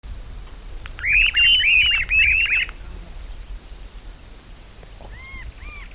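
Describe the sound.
Streamer-tailed Tyrant: gubernetes chattering call, one short burst of squeaky rapid notes, followed by quiet and a few faint clear whistles near the end.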